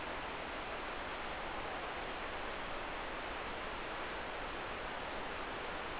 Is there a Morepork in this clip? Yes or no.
no